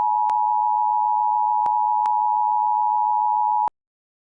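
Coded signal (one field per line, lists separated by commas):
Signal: Emergency Alert System (SAME) tones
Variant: 853 and 960 Hz attention tone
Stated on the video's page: Remake of the Wave Broadband hack; tones are valid.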